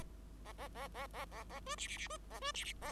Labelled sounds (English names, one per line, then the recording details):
Bengalese Finch song
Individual Bird5